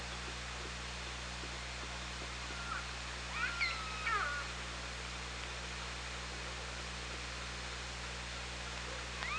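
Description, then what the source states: Orca calls underwater, a short cluster of rising and falling tonal, harmonic squeals midway through, over steady low hum and hiss. Recorded by the OrcaLab hydrophone on 24 August 2017, around 17:14.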